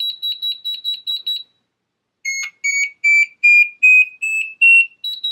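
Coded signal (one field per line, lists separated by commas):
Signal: beep code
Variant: Metroboard remote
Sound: rapid high beeps, a pause, then about seven beeps rising in pitch step by step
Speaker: So after this there should be 7 beeps.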